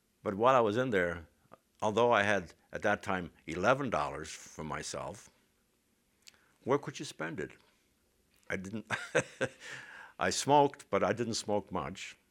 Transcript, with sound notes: But while I was in there, although I had at that time eleven dollars for myself, where could you spend it? ( he laughs ) I didn't, I smoked, but I didn't smoke much.